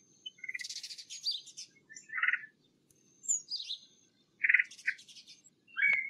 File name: Red Headed Woodpecker Call